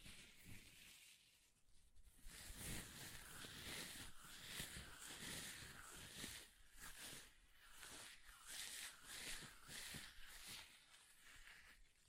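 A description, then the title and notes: Paper being ripped and torn in a series of rough, crackling strokes, each a burst of bright rasping texture with a papery rustle. A quieter lead-in gives way after about two seconds to nearly continuous tearing, pulsing irregularly with short pauses until the end. ASMR Paper Ripping Tearing Sounds (No Talking).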